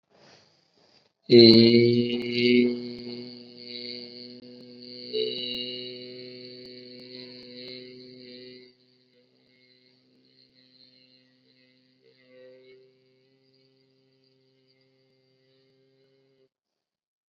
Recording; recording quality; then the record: sustained vowel as in made; excellent, no background noise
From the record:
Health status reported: COVID-19 positive, mild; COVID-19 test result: positive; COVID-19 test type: rapid antigen test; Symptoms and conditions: cough, sore throat, fever, fatigue, muscle pain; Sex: male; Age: 30 years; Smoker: yes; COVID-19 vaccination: both doses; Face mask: worn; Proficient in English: yes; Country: India